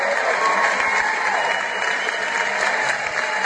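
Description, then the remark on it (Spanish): A steady, dense burst of applause from many hands, holding at an even, fairly loud level for a few seconds without tapering off. “Y le manda un aplauso a todos los que pagaron su deuda.”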